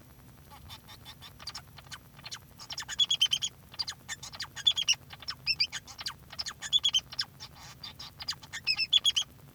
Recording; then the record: song of a male Bengalese finch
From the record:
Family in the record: son of father 2